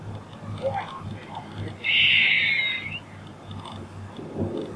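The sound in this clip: Squirrel with one loud, harsh buzzing call lasting about a second in the middle, surrounded by low background rumble.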